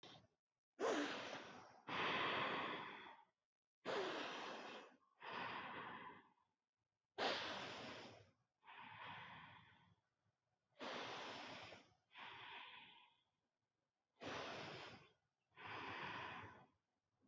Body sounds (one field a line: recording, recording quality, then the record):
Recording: deep breathing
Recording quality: excellent, no background noise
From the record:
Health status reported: healthy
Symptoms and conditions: none ticked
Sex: female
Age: 29 years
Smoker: not ticked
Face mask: not worn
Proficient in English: yes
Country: India